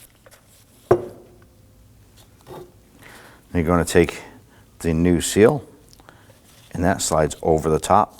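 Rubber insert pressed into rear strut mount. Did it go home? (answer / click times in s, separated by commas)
yes / 0.9 s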